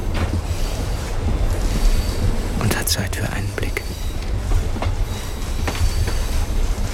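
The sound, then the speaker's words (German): A train rolls steadily along the rails with a constant low rumble, heard from inside a carriage, broken midway by a few brief high metallic squeals, while a person speaks quietly over the noise. “Weißt du, wie lang unser Zug ist?”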